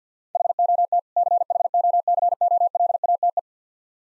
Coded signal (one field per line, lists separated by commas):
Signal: Morse code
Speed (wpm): 50 wpm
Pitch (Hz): 700 Hz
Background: none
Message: HOT CHOCOLATE